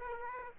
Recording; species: mosquito wingbeat signal from an infrared sensor; Aedes aegypti